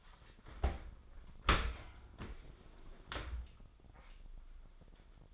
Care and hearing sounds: daily activity, microphone in the room; open dishwasher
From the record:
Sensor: 5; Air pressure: 995.8 hPa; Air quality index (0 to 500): 105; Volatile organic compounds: 7 ppm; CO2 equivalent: 2036 ppm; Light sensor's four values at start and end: 40/95/40/42 and 41/98/41/43

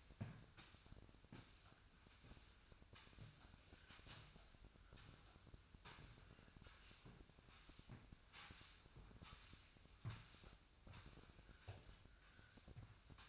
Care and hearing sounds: daily activity, microphone in the room; sweep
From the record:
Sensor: 2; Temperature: 24.9 degrees Celsius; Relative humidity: 39.7%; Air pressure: 1001.5 hPa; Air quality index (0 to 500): 227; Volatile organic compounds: 26 ppm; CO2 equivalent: 2852 ppm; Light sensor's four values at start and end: 8/27/10/10 and 8/26/10/10

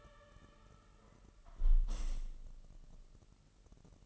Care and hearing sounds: daily activity, microphone in the room; close window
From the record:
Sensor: 4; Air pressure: 1000.8 hPa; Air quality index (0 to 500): 243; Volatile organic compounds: 40 ppm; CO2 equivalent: 3151 ppm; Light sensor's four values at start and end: 9/21/8/8 and 9/20/8/8

